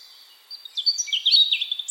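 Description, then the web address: European robin song fragment: a thin high whistle followed by a quick jumble of sweet, tumbling warbled notes. "cianscape birddata Deverinetal 2025 File origin Bird Only Er Ru"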